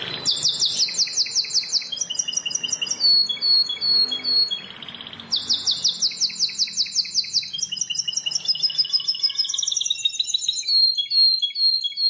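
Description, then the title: Bar-winged prinia song: rapid high series of repeated chirping notes switching between several note types, a short pause midway, then more fast trills. "Ciblek Sawah 1"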